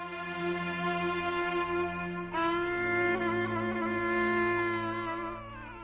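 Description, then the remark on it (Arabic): A young boy wails in one long, unbroken cry that jumps up in pitch partway through and holds steady, loud throughout, easing off only at the very end. No one speaks. “كفايه عياط.”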